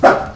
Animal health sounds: pig call; growing-finishing pig (85 days or more)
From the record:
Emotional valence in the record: positive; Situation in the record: run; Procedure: transit

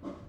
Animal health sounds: pig call; growing-finishing pig (85 days or more)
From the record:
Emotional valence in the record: positive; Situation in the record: run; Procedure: transit

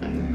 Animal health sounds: pig call; growing-finishing pig (85 days or more)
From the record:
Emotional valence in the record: negative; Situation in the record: barren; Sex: female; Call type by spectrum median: low-frequency call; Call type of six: low-frequency stable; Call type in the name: low-frequency stable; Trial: 3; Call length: 0.36 s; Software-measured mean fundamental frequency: 39 Hz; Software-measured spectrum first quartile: 126 Hz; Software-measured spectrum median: 230 Hz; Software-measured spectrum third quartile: 396 Hz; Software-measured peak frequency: 252 Hz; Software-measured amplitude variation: 129 dB a second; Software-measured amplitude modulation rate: 30.7 a second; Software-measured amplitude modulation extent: 4.2 dB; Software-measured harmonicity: -0.8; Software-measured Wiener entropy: -0.57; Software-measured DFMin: 737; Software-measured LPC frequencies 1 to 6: 1547, 2653, 4548, 5093, 5870, 9725 Hz

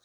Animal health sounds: pig call; piglet (1 to 25 days)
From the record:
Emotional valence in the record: positive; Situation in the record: short reunion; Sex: female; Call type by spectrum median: high-frequency call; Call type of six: low-frequency tonal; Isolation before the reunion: 3 minutes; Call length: 0.05 s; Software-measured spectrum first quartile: 3071 Hz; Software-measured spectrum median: 4333 Hz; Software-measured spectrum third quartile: 7668 Hz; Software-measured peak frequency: 3890 Hz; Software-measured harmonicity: -0.8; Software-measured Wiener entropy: -1.33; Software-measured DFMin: 916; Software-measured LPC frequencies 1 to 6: 704, 1446, 3933, 6084, 6838, 8477 Hz

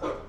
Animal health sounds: pig call; growing-finishing pig (85 days or more)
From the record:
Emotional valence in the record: positive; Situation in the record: run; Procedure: transit

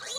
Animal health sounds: pig call; piglet (1 to 25 days)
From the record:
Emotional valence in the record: negative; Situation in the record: short isolation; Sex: female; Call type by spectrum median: high-frequency call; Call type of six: high-frequency stable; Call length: 0.19 s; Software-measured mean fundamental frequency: 262 Hz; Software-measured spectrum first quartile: 2548 Hz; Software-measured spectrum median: 4025 Hz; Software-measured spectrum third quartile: 6526 Hz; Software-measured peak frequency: 3984 Hz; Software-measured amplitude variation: 114 dB a second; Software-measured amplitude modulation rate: 15.8 a second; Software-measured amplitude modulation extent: 7.2 dB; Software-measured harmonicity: 4.3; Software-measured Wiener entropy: -1.94

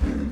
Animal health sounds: pig call; growing-finishing pig (85 days or more)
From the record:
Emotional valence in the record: negative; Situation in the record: barren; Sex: female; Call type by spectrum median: low-frequency call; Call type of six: low-frequency stable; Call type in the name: low-frequency stable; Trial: 3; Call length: 0.32 s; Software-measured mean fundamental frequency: 61 Hz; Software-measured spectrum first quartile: 67 Hz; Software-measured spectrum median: 167 Hz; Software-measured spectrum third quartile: 310 Hz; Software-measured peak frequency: 244 Hz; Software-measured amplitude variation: 170 dB a second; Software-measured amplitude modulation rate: 23.2 a second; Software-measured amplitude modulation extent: 7.3 dB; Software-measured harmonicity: 1.4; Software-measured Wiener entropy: -0.76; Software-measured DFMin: 813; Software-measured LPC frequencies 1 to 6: 279, 1498, 3522, 4431, 5109, 5977 Hz

